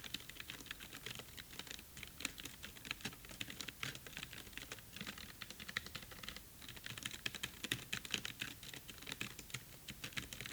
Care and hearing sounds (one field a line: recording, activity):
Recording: daily activity, guitar pickup as the sensor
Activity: type